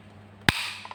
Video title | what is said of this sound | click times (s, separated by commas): การซ่อมจอดำ Casio 9850 9860 ในกรณีฟิล์มหน้าเสีย ตอนที่ 2 | กดดำขอบนะครับให้มีเสียงดังลงไปล็อคเที่ยวนะครับโอเค | 0.5 s